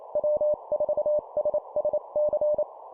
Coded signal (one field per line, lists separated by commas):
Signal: Morse code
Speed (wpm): 28 wpm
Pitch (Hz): 600 Hz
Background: none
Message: W4SSC